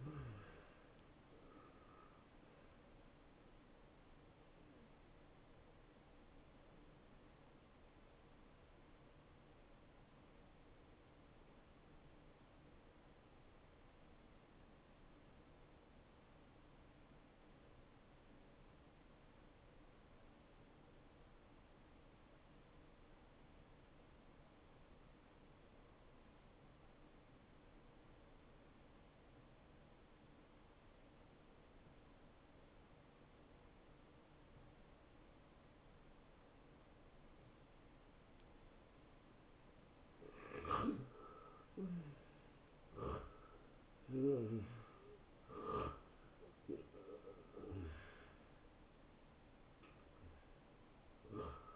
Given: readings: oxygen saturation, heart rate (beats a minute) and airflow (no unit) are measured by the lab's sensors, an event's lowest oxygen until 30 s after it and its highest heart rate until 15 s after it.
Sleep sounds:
breathing in sleep by a voice recorder at the bedside; 1
6.00-39.60 s: hypopnea (N1, oxygen 95% highest, then 84% lowest)
From the record:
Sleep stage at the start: N1 (lightest sleep); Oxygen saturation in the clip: 85 to 95%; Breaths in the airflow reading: 4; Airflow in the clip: -18.0 to 10.2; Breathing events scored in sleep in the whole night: 263 in 5.5 hours asleep

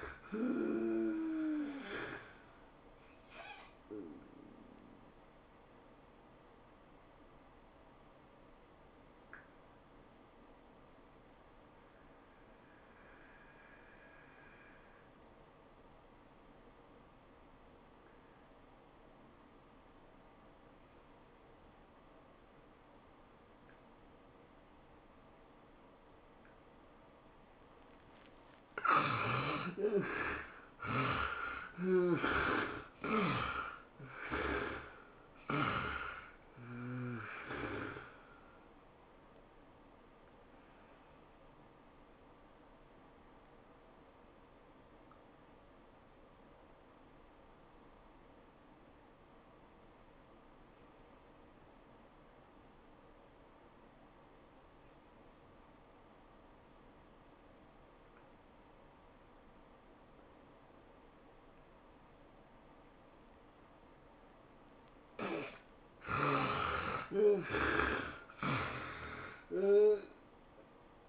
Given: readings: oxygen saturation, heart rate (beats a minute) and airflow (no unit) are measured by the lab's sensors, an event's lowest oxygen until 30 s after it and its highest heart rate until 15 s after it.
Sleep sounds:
breathing in sleep by a voice recorder at the bedside; 2
4.00-28.60 s: hypopnea (REM, oxygen 88% highest, then 64% lowest, heart rate 114 at the start, 114 highest)
11.00-41.00 s: new sleep stage, N2 (light sleep)
41.00-71.09 s: new sleep stage, N1 (lightest sleep)
42.00-64.70 s: hypopnea (N1, oxygen 94% highest, then 66% lowest, heart rate 105 at the start, 111 highest)
From the record:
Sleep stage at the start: REM sleep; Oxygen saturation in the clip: 53 to 94%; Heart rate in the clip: 85 to 114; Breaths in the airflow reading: 9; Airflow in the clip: -15.6 to 13.7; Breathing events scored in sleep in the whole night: 403 in 5.5 hours asleep

